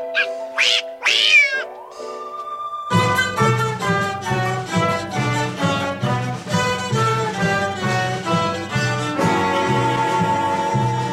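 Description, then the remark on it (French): Captain Haddock's Siamese cat lets out a few high, wavering meows with sliding pitch on the front steps at Moulinsart, and then loud rhythmic music bursts in and carries on to the end. “Sur le perron, deux anciens ennemis assistent à la débandade. Milou et le chat siamois du capitaine.”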